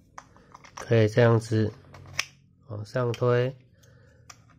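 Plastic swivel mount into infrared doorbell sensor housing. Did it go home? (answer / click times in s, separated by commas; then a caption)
yes / 4.3 s. A plastic universal-joint swivel mount is pushed upward into the housing of an infrared welcome doorbell sensor while someone talks. A few small clicks and taps are heard around the speech, and the mount snaps in with a sharp click at 4.3 s, seating it in the sensor.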